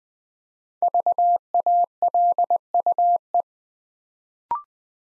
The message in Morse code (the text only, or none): VALUE